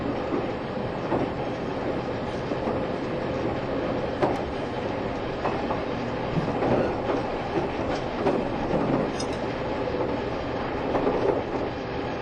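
A Taiwan Railway EMU1200 electric train with nose-suspended motors runs at speed, its steady, dense roar holding level for the whole stretch. Short clatters and knocks from the wheels recur every second or so, and a faint high whine rides on top of the rumble.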